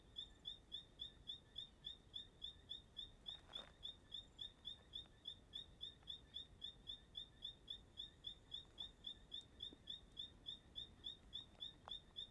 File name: Entardecer no Parque da Chapada dos Veadeiros com passaro cantando como um grilo